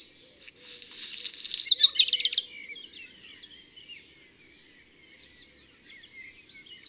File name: Rougequeue noir